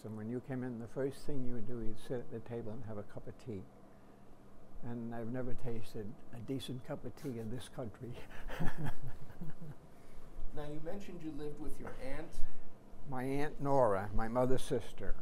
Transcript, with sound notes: When you came in, the first thing you would do, you'd sit at the table and have a cup of tea. And I've never tasted a decent cup of tea in this country. [chuckles]
Now, you mentioned you lived with your aunt.
My Aunt Nora, my mother's sister.